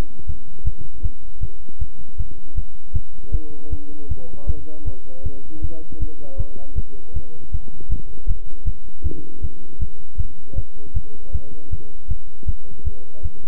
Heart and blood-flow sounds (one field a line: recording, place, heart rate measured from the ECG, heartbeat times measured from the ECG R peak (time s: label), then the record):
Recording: heart sounds by stethoscope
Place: between the tricuspid and mitral areas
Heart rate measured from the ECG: 157 bpm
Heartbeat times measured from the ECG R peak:
0.27 s: heartbeat
0.65 s: heartbeat
1.03 s: heartbeat
1.41 s: heartbeat
1.79 s: heartbeat
2.18 s: heartbeat
2.55 s: heartbeat
2.94 s: heartbeat
3.32 s: heartbeat
3.71 s: heartbeat
4.09 s: heartbeat
4.47 s: heartbeat
4.85 s: heartbeat
5.24 s: heartbeat
5.62 s: heartbeat
6.00 s: heartbeat
6.38 s: heartbeat
6.76 s: heartbeat
7.14 s: heartbeat
7.52 s: heartbeat
7.90 s: heartbeat
8.27 s: heartbeat
8.65 s: heartbeat
9.04 s: heartbeat
9.42 s: heartbeat
9.80 s: heartbeat
10.18 s: heartbeat
10.56 s: heartbeat
10.94 s: heartbeat
11.33 s: heartbeat
11.71 s: heartbeat
12.09 s: heartbeat
12.47 s: heartbeat
12.85 s: heartbeat
13.23 s: heartbeat
From the record:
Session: bicycle stress test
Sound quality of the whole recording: good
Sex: male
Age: 23 years